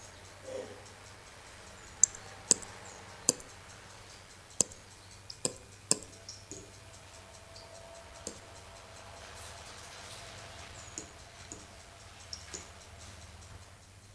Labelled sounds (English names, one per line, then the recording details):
Ring-tailed Lemur call
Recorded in captivity
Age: adult
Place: Zoo Rostock, Mecklenburg-Vorpommern, DE
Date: 1984-02-02 15:03
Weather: bedeckt, 2°C
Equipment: Nagra SN, Kopie Uher 4000 Report Monitor
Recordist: Tembrock, Günter
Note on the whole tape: Kurzlaute (auf Beobachter bezogen)